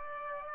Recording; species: mosquito wingbeat signal from an infrared sensor; Aedes aegypti